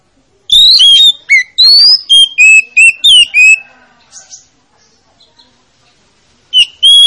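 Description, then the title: Oriental magpie-robin song, a run of loud, clear whistled notes sliding up and down, then a pause before one more bright phrase begins. Played as a lure to coax a reluctant, lazy-singing magpie-robin into singing. "Pancingan Kacer Yg Malas Bunyi"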